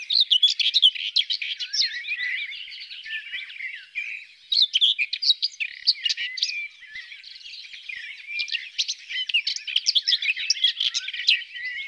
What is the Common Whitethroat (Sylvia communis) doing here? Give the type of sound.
song